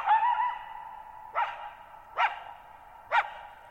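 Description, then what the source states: Coyote barking: a wavering yelp then three short, sharp barks about a second apart over a steady ringing echo. Lone coyote, wild, calling at night on July 14, 2019, Thirtymile Meadows, Okanogan National Forest, Okanogan High Country at 1950 m; dry plateau, bowl-shaped meadow, boggy ground, long natural reverberation.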